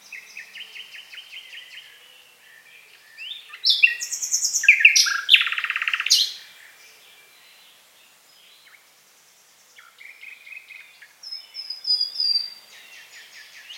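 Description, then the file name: Common nightingale song with a repeated buzzy trill, then a loud burst of harsh rattling notes, a quiet gap, and further whistled and trilled phrases. "Luscinia megarhynchos"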